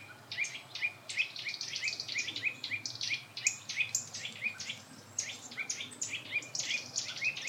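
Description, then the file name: Eurasian nuthatch giving a steady series of short, sharp notes, with busy higher chirping behind. "Sitta europaea"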